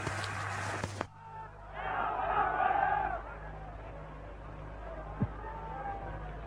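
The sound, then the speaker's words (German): A street crowd at a torchlight procession on 30 January 1933 roars and cheers as an SA detachment, two police wagons and the first SA band pass, swelling into a loud burst of shouting before settling into a steady murmur of many voices, with a low continuous hum beneath. “Dann zwei Wagen mit Schutzpolizei und nun die erste Musik der SA.”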